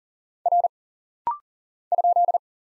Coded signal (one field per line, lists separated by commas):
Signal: Morse code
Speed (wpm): 40 wpm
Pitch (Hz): 700 Hz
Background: none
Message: R ?